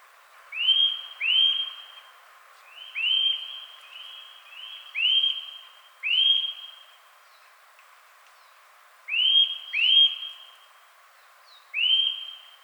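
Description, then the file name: Eurasian nuthatch calling repeatedly with rising, then steady whistled notes, mostly in pairs and short runs, with a quiet spell midway. "Sitta europaea"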